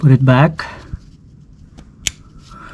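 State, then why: Seated. Someone talks briefly while reinserting a plastic wiring-harness electrical connector into an engine sensor or component on a 2014 GMC Terrain SLE Ecotec 2.4L after an installation to fix and reset the check engine light. The connector is pushed in until a single sharp click is heard at 2.1 s, showing the locking mechanism has engaged and the connector is seated.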